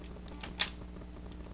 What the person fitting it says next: and those snap in place